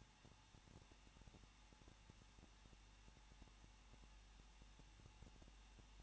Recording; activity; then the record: daily activity, microphone in the room; no activity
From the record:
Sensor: 1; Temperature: 20.1 degrees Celsius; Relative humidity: 39.2%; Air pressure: 1006.3 hPa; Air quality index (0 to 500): 218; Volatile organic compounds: 77 ppm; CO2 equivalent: 3580 ppm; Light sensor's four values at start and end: 1/2/1/1 and 1/2/1/1